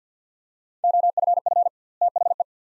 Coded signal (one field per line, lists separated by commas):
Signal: Morse code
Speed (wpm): 50 wpm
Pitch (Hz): 700 Hz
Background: none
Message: OFF THE